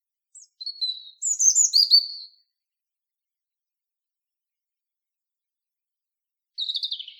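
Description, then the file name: European robin song: a quick jumble of sweet high warbling notes, then a long silence before a short trilled phrase at the end. "Erithacus rubecula"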